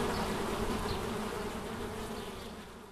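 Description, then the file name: Bees buzzing, a steady hum that slowly fades. Recorded at St Bonnet le Ch on 30 July 2016 with an MZ-N710 recorder. "Abeilles St Bonnet le Ch 30 07 16"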